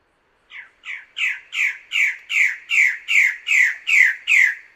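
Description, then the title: Bird-of-paradise call: about eleven loud, harsh, downslurred squawks repeated steadily two or three per second, growing slightly stronger through the series. Master song recording used for training songbirds. "Kicau Master Cendrawasih"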